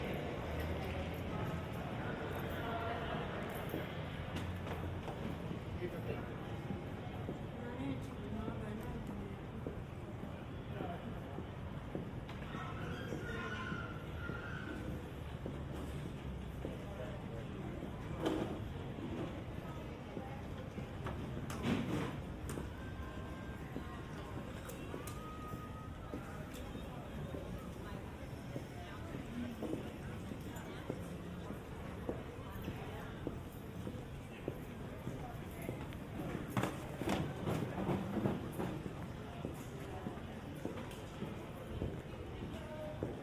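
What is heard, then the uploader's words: Busy airport hall at Philly with a steady murmur of voices, occasional sharp clacks and footsteps, and a brief tone near thirteen seconds. Binaural sounds of Philly airport. Between flights.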